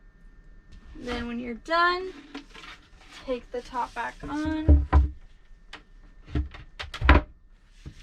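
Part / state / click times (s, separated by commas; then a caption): top lid onto a composting toilet / seated / 7.1 s. Someone talks, then the top is put back on a composting toilet and pressed down, with a few light knocks before it. A loud, sharp click at 7.1 s is the top locking back into place.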